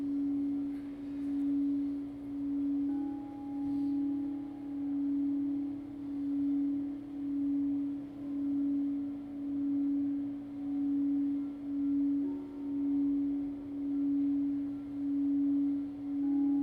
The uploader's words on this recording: Chrystal Bowls I recorded upstairs in the Integratron during a sleepover. Crystal Bowls - Integratron.